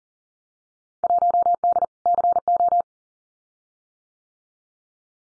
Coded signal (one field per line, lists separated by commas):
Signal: Morse code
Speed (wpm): 40 wpm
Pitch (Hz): 700 Hz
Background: none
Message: 1D CO